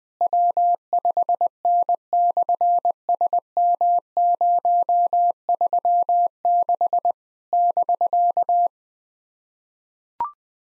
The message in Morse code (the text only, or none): W5N/SM036 <BK>